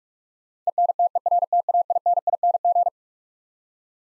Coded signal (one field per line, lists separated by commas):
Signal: Morse code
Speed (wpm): 46 wpm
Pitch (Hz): 700 Hz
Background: none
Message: ENTERTAINING